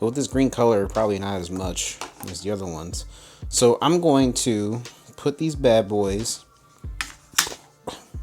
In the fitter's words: Oh, nice. They magnetically snap into place.